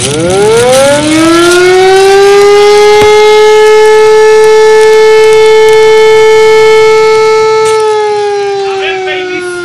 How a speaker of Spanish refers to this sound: Escuches por donde escuches esto, lo cierto es que va a sonar la alarma.